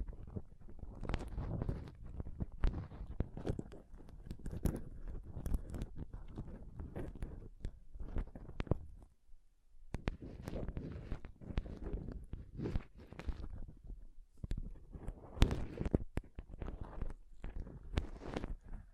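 Scratching and touching on a microphone, a dense run of rough scrapes, taps and rubs with sharp clicks scattered throughout. The texture is busy and irregular, mostly low and thick with brighter crackles on top. A brief near-silent gap falls around nine to ten seconds.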